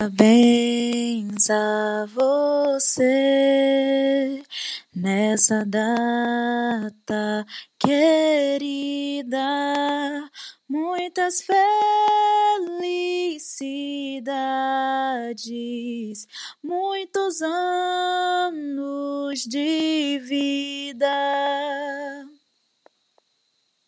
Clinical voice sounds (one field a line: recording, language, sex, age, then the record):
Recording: short text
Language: Brazilian Portuguese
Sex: female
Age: 30 to 39 years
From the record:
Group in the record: control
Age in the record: 30 years